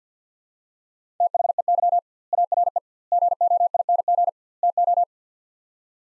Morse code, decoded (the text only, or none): THEY ARE GOING TO